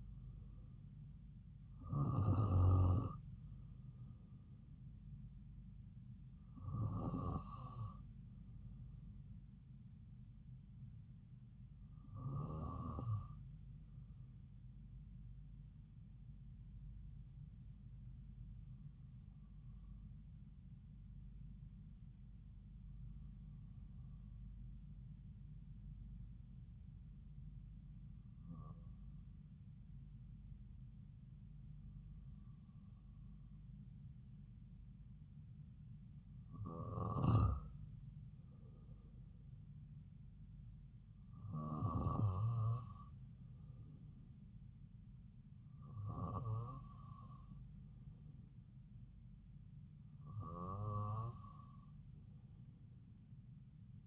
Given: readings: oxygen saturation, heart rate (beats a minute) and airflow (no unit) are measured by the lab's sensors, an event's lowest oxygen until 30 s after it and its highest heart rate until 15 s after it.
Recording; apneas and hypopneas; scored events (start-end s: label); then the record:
breathing in sleep by a smartphone at the bedside; 1
17.00-44.10 s: hypopnea (N2, oxygen 96% highest, then 93% lowest)
From the record:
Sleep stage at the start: N2 (light sleep); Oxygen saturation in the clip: 92 to 96%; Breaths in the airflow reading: 11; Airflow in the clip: -3.6 to 4.0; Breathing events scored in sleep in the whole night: 270 in 6.1 hours asleep